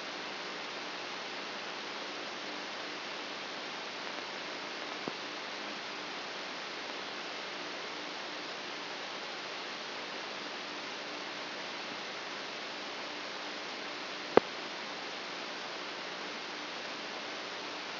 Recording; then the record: brain microelectrode recording played as sound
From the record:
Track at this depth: inside the subthalamic nucleus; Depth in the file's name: 1.027 mm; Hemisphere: left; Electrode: 3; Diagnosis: Parkinson's disease